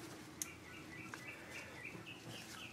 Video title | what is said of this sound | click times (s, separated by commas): How to Test for Spark - Testing for Ignition System Spark with Potato Chip Clips! | makes a little click you might not be able to hear it that's okay as | 0.4 s